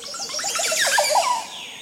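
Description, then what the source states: Montezuma Oropendola song: a rich burst of bubbling, gurgling liquid notes, tumbling and slurring up and down. Male displaying for a female, swinging from a branch in a Central American forest tree holding 20 or more oropendola nests.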